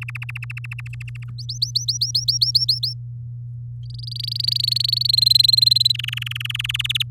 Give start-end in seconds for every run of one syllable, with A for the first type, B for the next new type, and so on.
0.01-1.30 A, 1.38-2.93 B, 3.86-5.07 C, 5.08-5.92 D, 5.94-6.82 E, 6.84-7.03 F